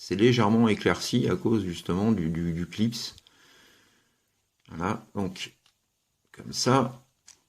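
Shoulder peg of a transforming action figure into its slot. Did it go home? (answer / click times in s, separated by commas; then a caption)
no / none. Someone talks while handling a Takara Transformers RID TAV 38 Thunderhoof plastic transforming action figure during its transformation, with a small shoulder/arm peg being brought toward its slot. Only speech and faint handling noise are heard, and the peg has not yet seated or clicked into place.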